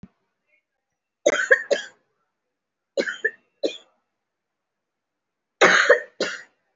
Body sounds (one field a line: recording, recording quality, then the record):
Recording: shallow voluntary cough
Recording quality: excellent, no background noise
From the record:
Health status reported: respiratory illness, not identified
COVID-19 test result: negative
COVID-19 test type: RT-PCR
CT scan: not taken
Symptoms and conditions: cough, sore throat, fatigue, muscle pain, asthma, chronic lung disease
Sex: female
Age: 33 years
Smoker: no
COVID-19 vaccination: one dose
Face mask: worn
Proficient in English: no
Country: India